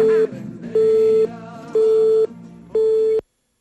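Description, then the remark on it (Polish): Four steady mid-pitched beeps of the Polish Radio Trójka (Program Trzeci) hourly time signal marking four o'clock, each about half a second long and spaced a second apart, sounding over soft background music. “Już mamy sygnał, że przed chwilą minęła czwarta.”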